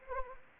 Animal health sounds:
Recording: mosquito wingbeat signal from an infrared sensor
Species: Anopheles arabiensis

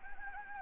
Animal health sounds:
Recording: mosquito wingbeat signal from an infrared sensor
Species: Anopheles gambiae

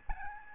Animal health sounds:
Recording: mosquito wingbeat signal from an infrared sensor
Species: Aedes albopictus

